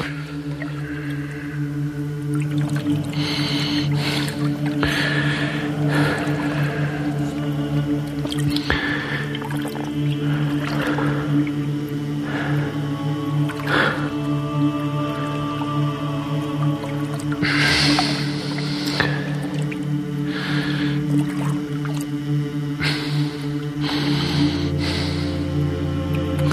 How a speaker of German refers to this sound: Seit Monaten schaukle ich auf meiner Wassermatratze wie über schwacher See, ohne irgendwo Land zu sehen.